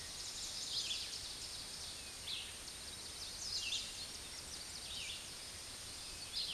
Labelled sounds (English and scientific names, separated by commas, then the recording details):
Red-eyed Vireo (Vireo olivaceus) song
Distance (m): 30 m
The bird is about 20 m above the microphone
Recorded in a Pennsylvania forest on 16 May 2024 at 06:32
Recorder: AudioMoth, point MSD-0398
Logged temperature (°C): 16.4 °C
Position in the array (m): 165 m, 72 m